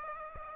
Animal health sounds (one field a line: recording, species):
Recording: mosquito wingbeat signal from an infrared sensor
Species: Aedes aegypti